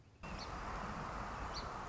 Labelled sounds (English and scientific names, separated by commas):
Song Sparrow (Melospiza melodia)